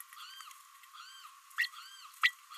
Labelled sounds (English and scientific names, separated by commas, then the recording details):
Green-rumped Parrotlet (Forpus passerinus) babbling
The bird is a female
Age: 29 days
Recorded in a nest box in Venezuela
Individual 17B32A5